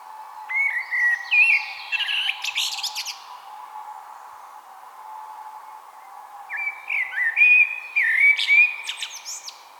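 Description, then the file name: Common blackbird song in two fluted, warbling phrases a few seconds apart, each ending in scratchy high twitters, over a low steady drone. "Turdus merula"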